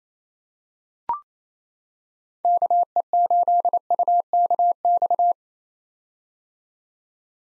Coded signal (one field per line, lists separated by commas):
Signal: Morse code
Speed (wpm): 28 wpm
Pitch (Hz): 700 Hz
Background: none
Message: KE8UKX